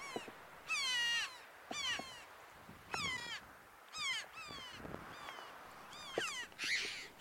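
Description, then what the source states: Chough calls: several ringing, downslurred squeals in quick succession. Several choughs; bird named after one of its main calls; sound associated with coastal headlands.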